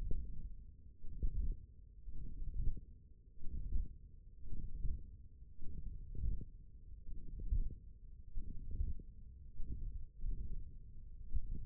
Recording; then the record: forearm muscle sounds (acoustic myography)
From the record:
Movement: hand closing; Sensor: system 1, eight BSWA MPA416 microphones around the upper forearm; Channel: 4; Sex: male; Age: 20 years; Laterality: left